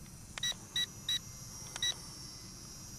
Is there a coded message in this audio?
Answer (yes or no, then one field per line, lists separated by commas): no